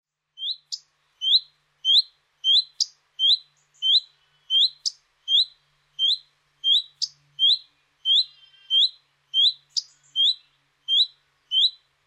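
Redstart calls: many high, rising whistled notes in a steady series, with occasional sharp ticks mixed in.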